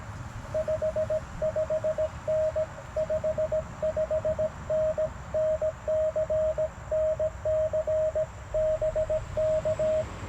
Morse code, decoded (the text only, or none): 55N 55N NC NC BK